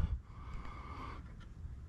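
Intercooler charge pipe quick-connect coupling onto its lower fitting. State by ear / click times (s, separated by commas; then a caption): not seated / none. A new intercooler charge pipe on a 2018 Chevy Cruze 1.4L turbo is pressed by hand onto its lower fitting at the quick-connect coupling. Only faint rustling and low handling noise are heard, with no sharp transient. Nothing has clicked or seated yet, so the connection is not made.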